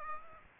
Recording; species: mosquito wingbeat signal from an infrared sensor; Aedes aegypti